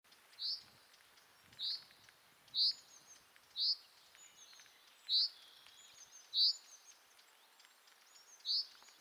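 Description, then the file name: Common chaffinch giving short, sharp, high 'pink' notes, seven in all at slightly uneven intervals, over a faint background hiss. "Fringilla coelebs"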